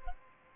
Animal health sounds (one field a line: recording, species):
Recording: mosquito wingbeat signal from an infrared sensor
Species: Aedes albopictus